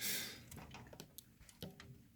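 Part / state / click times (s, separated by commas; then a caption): SATA data cable connector into a port on a drive or motherboard / not seated / none. A red SATA data cable connector is being handled at a port on a drive or motherboard. A broad hiss at the start gives way to a few small, sharp ticks and light handling noises around 0.5 to 1.6 seconds. The connector has not seated or clicked in yet.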